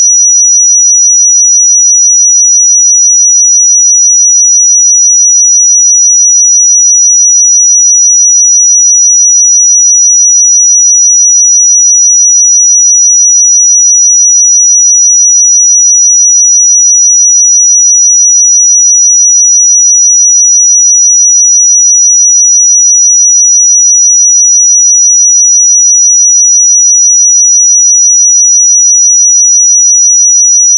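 A pure sine tone at 5853 Hz holds perfectly steady for the full thirty seconds. The pitch is high and thin, with no change in level and no other sounds underneath, just the single unbroken whistle in silence.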